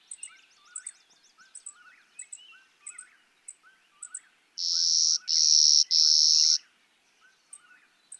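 Clay-colored sparrow producing three insect-like buzzes in a row, with many soft chirps and high pips from other birds before and after.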